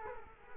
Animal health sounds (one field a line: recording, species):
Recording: mosquito wingbeat signal from an infrared sensor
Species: Culex quinquefasciatus